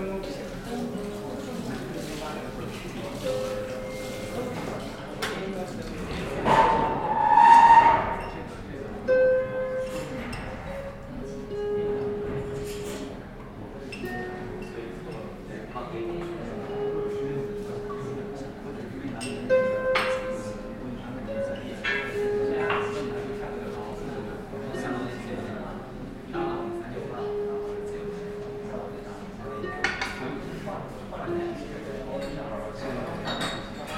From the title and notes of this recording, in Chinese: 坐在咖啡馆有点开心｜城市声音。北京地坛旁边 没有特地录说话声。